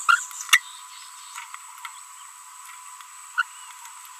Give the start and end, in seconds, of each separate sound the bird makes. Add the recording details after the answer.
0.09-0.22, 3.38-3.42. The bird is a female. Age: 24 days. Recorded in a nest box in Venezuela. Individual 17B42B1